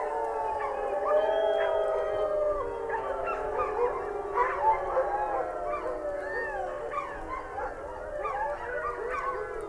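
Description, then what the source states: Wolf: wolves howling together, low sustained tones beneath a busy scatter of short rising and falling yips. Several wolves howling.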